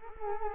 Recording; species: mosquito wingbeat signal from an infrared sensor; Culex quinquefasciatus